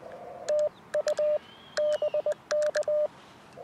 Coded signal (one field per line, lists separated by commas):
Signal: Morse code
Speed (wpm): 20 wpm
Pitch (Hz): 600 Hz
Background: none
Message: TU BK